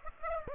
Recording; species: mosquito wingbeat signal from an infrared sensor; Aedes aegypti